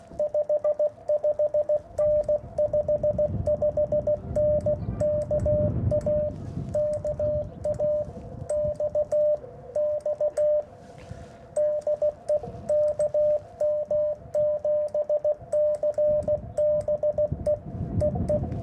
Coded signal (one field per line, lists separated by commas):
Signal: Morse code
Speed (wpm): 16 wpm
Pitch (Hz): 600 Hz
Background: radio noise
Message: 55N 55N KA KA X X DE KM7CBE EE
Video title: A Quick POTA Activation @ Kartchner Caverns State Park, AZ